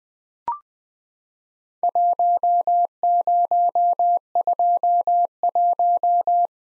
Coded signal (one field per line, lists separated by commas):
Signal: Morse code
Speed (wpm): 21 wpm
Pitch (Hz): 700 Hz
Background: none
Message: 1021